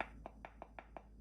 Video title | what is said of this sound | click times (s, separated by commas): Jalapeno/Pepper Jelly (First time canning this) | Oh, this one didn't seal. | none